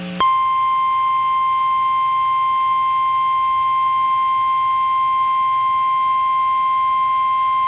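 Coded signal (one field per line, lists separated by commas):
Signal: Emergency Alert System (SAME) tones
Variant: 1050 Hz attention tone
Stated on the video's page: Required weekly test EAS tones from NOAA weather radio station in Waco, Texas.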